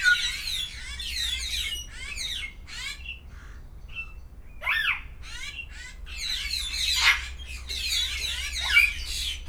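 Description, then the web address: Grey parrot vocalizing in busy bursts of raspy squawks and chirps, a short clear whistle near the middle, then louder chattering squawks toward the end. Captive birds at a zoo in Szeged, recorded 2011. "szegedizoo. jakopapagaj"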